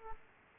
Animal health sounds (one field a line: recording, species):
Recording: mosquito wingbeat signal from an infrared sensor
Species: Aedes aegypti